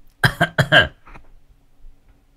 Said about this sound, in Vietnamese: Bị ho rồi không ạ? Chắc là mấy hôm vừa rồi uống nước đá nhiều quá. Mấy hôm vừa rồi trời nó nóng, uống nước đá nhiều quá, ho khanh khạch.